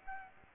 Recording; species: mosquito wingbeat signal from an infrared sensor; Aedes aegypti